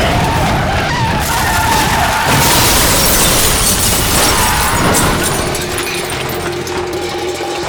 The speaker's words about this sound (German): Der Truck war plötzlich hinter der Kurve aufgetaucht, fuhr zu schnell, als dass der Fahrer den Aufprall noch hätte verhindern können. Bremsen zischten, fassten nach.